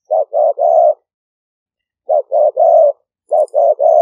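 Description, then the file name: Spotted dove repeating a three-note coo, two short notes then a longer one, in three phrases. Vietnamese cooing style called "5 hậu". "tieng-cu-gay-5-hau"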